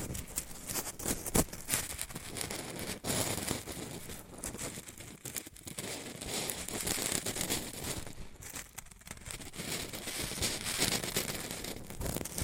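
Shredded tissue and packing peanuts rustle and crinkle without a break, a dense, busy texture of dry, bright crackles. Sharper crunches stand out every second or so, notably near the one-, three- and nine-second marks, while the overall loudness stays fairly even.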